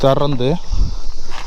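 Someone talks briefly as the steel side door of a Mahindra Bolero SUV is handled before being slammed into its body latch, which must be shut hard because a gentle close will not shut or lock it. After the talking there are only low, muffled handling sounds and faint background noise. Nothing has latched or clicked yet.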